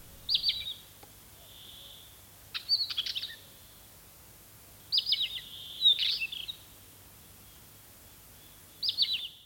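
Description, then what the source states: Northern Wheatear song: several short bursts of scratchy, high chattering phrases separated by pauses. Played example of its song.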